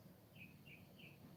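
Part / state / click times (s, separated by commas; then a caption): plastic minifigure arm/hand into minifigure torso / not seated / none. Someone presses a plastic arm or hand of a building-block minifigure into its socket in the minifigure torso. Three faint, high-pitched chirp-like tones sound at about 0.4, 0.7 and 1.0 seconds over a low steady hum. Nothing has seated or clicked yet.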